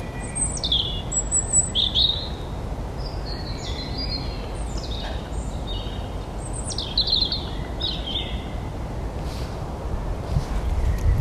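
A walk in the woods with a dog, where many birds call throughout: quick chirps and descending whistles, high and bright, overlapping almost without pause. Underneath runs a steady low rumble with soft crunching steps, growing slightly louder near the end.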